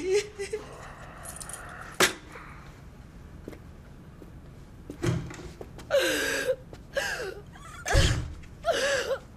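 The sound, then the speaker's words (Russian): Keys jangle and clink as they are set down, three sharp metallic hits spread over several seconds, with breathy, strained vocal sounds rising between the later clinks. “Пожалуйста, положи сюда ключи и уходи.”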